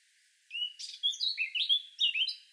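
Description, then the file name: Eurasian blackcap giving one brief warbled phrase: a clear whistle, then a rapid run of varied sliding, fluting notes. "Sylvia atricapilla"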